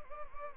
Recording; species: mosquito wingbeat signal from an infrared sensor; Anopheles arabiensis